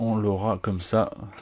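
Someone talks while an additional plastic/wood deckhouse piece, the future cabins, is handled over the deck of a Belem scale model ship, ready to be clipped onto it. Only speech is heard, and the piece has not seated or clicked into place yet.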